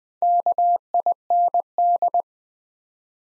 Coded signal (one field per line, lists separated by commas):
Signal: Morse code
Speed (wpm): 20 wpm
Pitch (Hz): 700 Hz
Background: none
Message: KIND